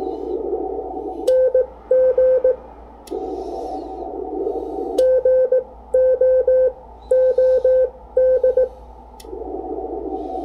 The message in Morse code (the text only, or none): NG GOOD